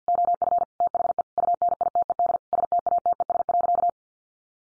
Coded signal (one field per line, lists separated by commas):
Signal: Morse code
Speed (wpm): 50 wpm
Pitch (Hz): 700 Hz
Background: none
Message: OF THE UNITED STATES.